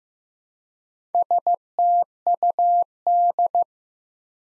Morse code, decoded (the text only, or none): STUD